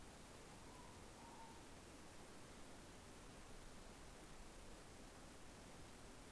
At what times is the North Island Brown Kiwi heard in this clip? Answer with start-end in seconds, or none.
none